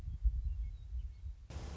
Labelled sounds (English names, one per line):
Western Meadowlark